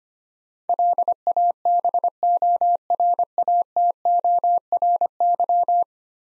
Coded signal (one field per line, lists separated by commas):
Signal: Morse code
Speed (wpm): 25 wpm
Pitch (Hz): 700 Hz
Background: none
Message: LABORATORY